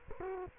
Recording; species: mosquito wingbeat signal from an infrared sensor; Culex quinquefasciatus